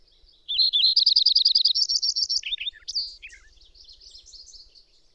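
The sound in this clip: Bird singing a high, fast trill of rapidly repeated notes that climbs in pitch, followed by a few sliding notes and softer twittering.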